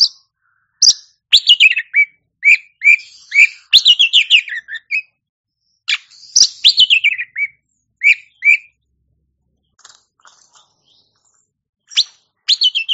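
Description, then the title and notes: Oriental magpie-robin song: bursts of loud, rich whistled phrases sweeping down from high notes, with sharp clicks, separated by short pauses, fading to scattered notes before resuming. Champion singing bird. "Kicau Burung Kacer Juara. Suara Kicauan Burung Kacer Juara"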